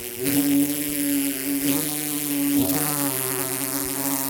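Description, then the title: Bumblebee buzzing, a sustained droning hum with rich overtones, broken by a few faint taps and knocks. Bumblebee trapped inside a metal pole, struggling to get out; Paraje Huerta de Arriba, Blanca, Murcia, Spain; recorded with a Zoom H2. "Paraje Huerta de Arriba, 127, Blanca, Murcia, España - abejorro metálico"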